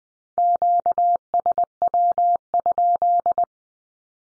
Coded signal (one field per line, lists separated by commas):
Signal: Morse code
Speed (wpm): 20 wpm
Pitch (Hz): 700 Hz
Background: none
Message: QSW?